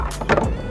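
The spring-assisted rear tailgate of a brake tester trailer is folded up and locked into place with a metal latch. Two sharp, short metallic hits sound at 0.2 s and 0.3 s, and the latch locks the tailgate in place.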